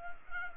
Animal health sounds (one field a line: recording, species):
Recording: mosquito wingbeat signal from an infrared sensor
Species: Culex pipiens